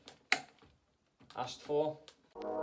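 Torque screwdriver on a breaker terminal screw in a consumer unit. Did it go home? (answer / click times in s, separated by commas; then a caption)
yes / 0.3 s. A torque screwdriver tightens a breaker terminal screw in a consumer unit and gives a sharp clutch click at 0.3 s, showing the screw has reached its set torque. Someone talks through the rest of the clip.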